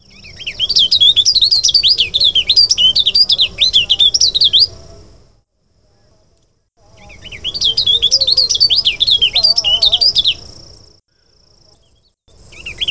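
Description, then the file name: Rufous-vented prinia gives rapid, looping high warbles in two long phrases split by a short silence, and a third phrase begins at the very end; faint low hum. "prinia burnesi omkicau"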